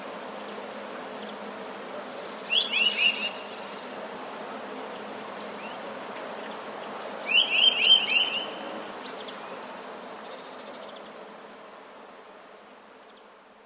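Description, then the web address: Eurasian nuthatch calls: two short bursts of quick, piping whistled notes, a few seconds apart, over a steady background hiss. Recorded 13 January 2019. "wroblowe kolekcja kowalik"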